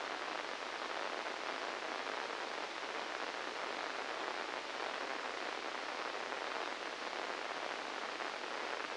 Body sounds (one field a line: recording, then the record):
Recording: brain microelectrode recording played as sound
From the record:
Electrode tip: inside the subthalamic nucleus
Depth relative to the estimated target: 1 mm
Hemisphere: left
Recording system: NeuroSet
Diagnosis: Parkinson's disease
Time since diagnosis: 10 years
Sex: male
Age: 63 years